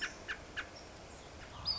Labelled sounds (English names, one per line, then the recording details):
American Robin
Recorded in Sonoma County, California